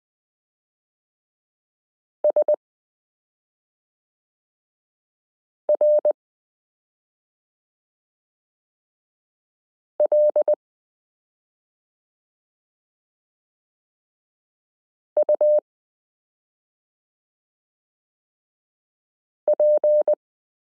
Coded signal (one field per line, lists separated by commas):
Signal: Morse code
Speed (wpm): 20 wpm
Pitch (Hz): 600 Hz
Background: none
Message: SRLUP